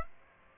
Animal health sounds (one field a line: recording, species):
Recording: mosquito wingbeat signal from an infrared sensor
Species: Aedes aegypti